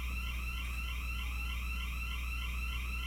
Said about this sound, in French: En tout cas, c'est pas grave. On va continuer d'entendre l'alarme. Il n'y a pas de problème.